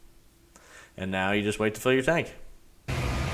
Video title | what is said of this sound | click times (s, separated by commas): Basics to Pumping Gas | you pump the gas and the good thing about pulling the trigger is you can pull it all the way tight and there's a little latch that allows you to lock it so you don't have to hold it the whole time | 0.6 s